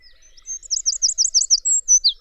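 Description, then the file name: Eurasian wren song fragment: a rapid, high run of sharp tumbling notes ending in a few clear whistles. "Troglodytes troglodytes"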